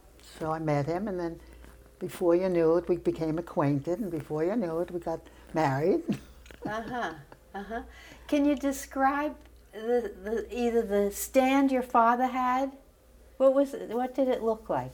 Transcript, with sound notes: So I met him and then, before you knew it, we became acquainted and before you knew it, we got married. [chuckles]
Uh-huh, uh-huh. Can you describe the — the — either the stand your father had — what was it — what did it look like?